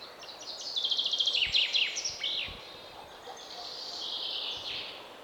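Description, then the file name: Common chaffinch song: a rapid, descending series of notes lasting about two seconds, over steady background noise. "Fringilla coelebs"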